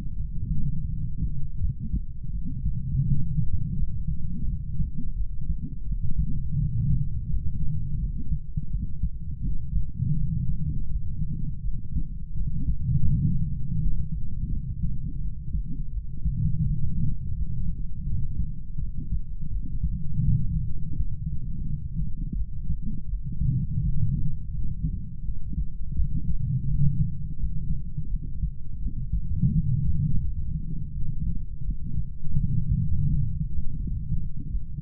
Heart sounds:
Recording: heart sounds by stethoscope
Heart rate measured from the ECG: 84 bpm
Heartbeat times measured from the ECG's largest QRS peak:
0.17 s: heartbeat
0.87 s: heartbeat
1.59 s: heartbeat
2.32 s: heartbeat
3.05 s: heartbeat
3.76 s: heartbeat
4.45 s: heartbeat
5.15 s: heartbeat
5.85 s: heartbeat
6.57 s: heartbeat
7.27 s: heartbeat
7.97 s: heartbeat
8.69 s: heartbeat
9.42 s: heartbeat
10.16 s: heartbeat
10.89 s: heartbeat
11.61 s: heartbeat
12.34 s: heartbeat
13.08 s: heartbeat
13.79 s: heartbeat
14.49 s: heartbeat
15.19 s: heartbeat
15.91 s: heartbeat
16.64 s: heartbeat
17.35 s: heartbeat
18.05 s: heartbeat
18.77 s: heartbeat
19.49 s: heartbeat
20.22 s: heartbeat
20.94 s: heartbeat
21.64 s: heartbeat
22.35 s: heartbeat
23.07 s: heartbeat
23.80 s: heartbeat
24.52 s: heartbeat
25.23 s: heartbeat
25.94 s: heartbeat
26.66 s: heartbeat
27.37 s: heartbeat
28.08 s: heartbeat
28.79 s: heartbeat
29.51 s: heartbeat
30.22 s: heartbeat
30.92 s: heartbeat
31.63 s: heartbeat
32.35 s: heartbeat
33.07 s: heartbeat
33.78 s: heartbeat
34.49 s: heartbeat
From the record:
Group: healthy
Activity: light exercise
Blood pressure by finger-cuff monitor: 100/48 mmHg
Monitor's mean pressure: 60 mmHg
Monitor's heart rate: 84 bpm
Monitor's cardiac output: 7.7 L/min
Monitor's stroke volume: 92 mL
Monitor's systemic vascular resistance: 540 dyn s/cm5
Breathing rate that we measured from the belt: 18 breaths a minute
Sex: male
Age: 25 years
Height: 170 cm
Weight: 70.4 kg

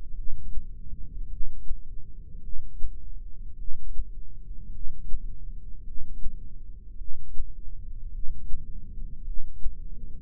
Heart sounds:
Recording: heart sounds by microphone in the left ear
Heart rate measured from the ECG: 53 bpm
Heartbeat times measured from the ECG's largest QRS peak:
0.13 s: heartbeat
1.27 s: heartbeat
2.40 s: heartbeat
3.55 s: heartbeat
4.70 s: heartbeat
5.82 s: heartbeat
6.96 s: heartbeat
8.10 s: heartbeat
9.22 s: heartbeat
From the record:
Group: heart failure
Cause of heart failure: non-ischemic cardiomyopathy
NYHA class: 1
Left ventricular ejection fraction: 52%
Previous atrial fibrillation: present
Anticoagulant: apixaban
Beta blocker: bisoprolol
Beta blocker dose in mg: 10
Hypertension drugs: sacubitril-valsartan, spironolactone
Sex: female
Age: 68 years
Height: 169 cm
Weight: 71 kg

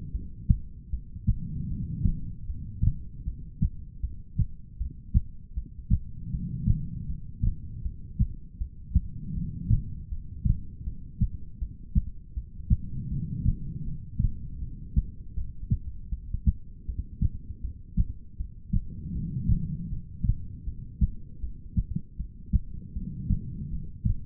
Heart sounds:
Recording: heart sounds by stethoscope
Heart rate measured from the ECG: 79 bpm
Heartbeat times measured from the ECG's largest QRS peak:
0.11 s: heartbeat
0.90 s: heartbeat
1.68 s: heartbeat
2.46 s: heartbeat
3.24 s: heartbeat
4.01 s: heartbeat
4.77 s: heartbeat
5.54 s: heartbeat
6.30 s: heartbeat
7.06 s: heartbeat
7.82 s: heartbeat
8.58 s: heartbeat
9.34 s: heartbeat
10.09 s: heartbeat
10.84 s: heartbeat
11.59 s: heartbeat
12.34 s: heartbeat
13.09 s: heartbeat
13.84 s: heartbeat
14.59 s: heartbeat
15.34 s: heartbeat
16.09 s: heartbeat
16.85 s: heartbeat
17.61 s: heartbeat
18.37 s: heartbeat
19.13 s: heartbeat
19.89 s: heartbeat
20.64 s: heartbeat
21.40 s: heartbeat
22.16 s: heartbeat
22.93 s: heartbeat
23.70 s: heartbeat
From the record:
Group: heart failure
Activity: rest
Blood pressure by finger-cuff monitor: 103/76 mmHg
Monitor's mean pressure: 87 mmHg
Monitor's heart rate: 79 bpm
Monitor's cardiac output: 4.6 L/min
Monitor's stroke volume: 59 mL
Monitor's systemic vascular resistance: 1370 dyn s/cm5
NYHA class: 2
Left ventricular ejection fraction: 58%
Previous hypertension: present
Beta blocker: bisoprolol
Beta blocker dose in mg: 5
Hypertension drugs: ramipril, spironolactone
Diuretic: furosemide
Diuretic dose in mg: 160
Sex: female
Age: 55 years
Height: 155 cm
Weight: 67 kg

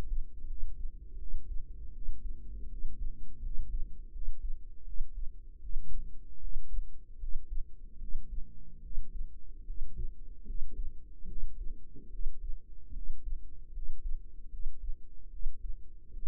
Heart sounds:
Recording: heart sounds by microphone in the right ear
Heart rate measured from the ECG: 77 bpm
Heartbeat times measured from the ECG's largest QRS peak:
0.45 s: heartbeat
1.16 s: heartbeat
1.91 s: heartbeat
2.67 s: heartbeat
3.40 s: heartbeat
4.10 s: heartbeat
4.83 s: heartbeat
5.58 s: heartbeat
6.38 s: heartbeat
7.17 s: heartbeat
7.97 s: heartbeat
8.80 s: heartbeat
9.64 s: heartbeat
10.44 s: heartbeat
11.26 s: heartbeat
12.09 s: heartbeat
12.91 s: heartbeat
13.71 s: heartbeat
14.48 s: heartbeat
15.29 s: heartbeat
16.12 s: heartbeat
From the record:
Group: healthy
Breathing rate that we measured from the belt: 18 breaths a minute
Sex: female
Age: 19 years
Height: 163 cm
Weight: 48.9 kg

